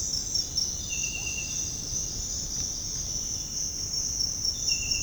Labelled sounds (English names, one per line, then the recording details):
none
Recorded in dense forest near Puerto Asís, Putumayo, Colombia, on 23 June 2025 at 06:30
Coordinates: 0.481, -76.323
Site G072